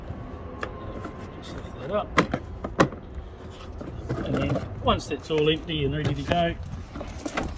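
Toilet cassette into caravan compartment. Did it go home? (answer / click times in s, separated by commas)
yes / 7.4 s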